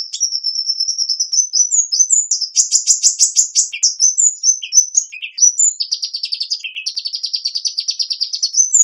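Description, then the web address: Hummingbird song, a very high, thin twittering of squeaky notes broken by buzzy rattling bursts around the middle and again near the end, nonstop throughout. "singing hummingbirds"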